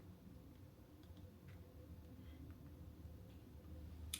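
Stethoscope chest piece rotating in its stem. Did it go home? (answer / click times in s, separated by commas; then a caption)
yes / 4.1 s. A stethoscope chest piece is flipped in its stem to switch between the bell and diaphragm sides. Over a low background hum, a few faint ticks are heard, then a single sharp click at 4.1 s as the chest piece locks into position.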